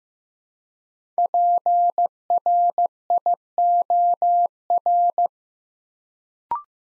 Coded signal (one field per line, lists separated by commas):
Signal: Morse code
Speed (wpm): 15 wpm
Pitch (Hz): 700 Hz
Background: none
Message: PRIOR